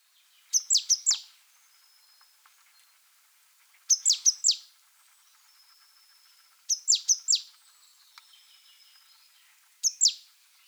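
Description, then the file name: Great tit calls: quick clusters of three or four high, sharply falling notes, each burst repeated roughly every three seconds, with faint thin tones between. "Parus major"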